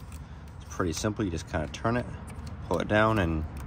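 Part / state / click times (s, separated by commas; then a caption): fuel pump assembly component into the pump hanger/bracket / not seated / none. During a fuel pump swap on a 2012 WRX, a part of the in-tank fuel pump assembly is turned and pulled down toward the pump hanger/bracket while someone talks over faint handling noise. The clip ends before the part goes home, so nothing has snapped in or seated yet.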